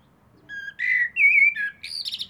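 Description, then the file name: Eurasian blackbird song: a short fluty whistle, a wavering warble, then a quick high chattering ending. "Turdus merula"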